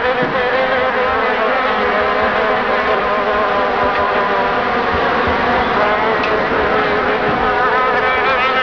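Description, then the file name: Insect buzzing, a steady droning hum with wavering harmonic tones that rise and fall slightly throughout. "insetti insect"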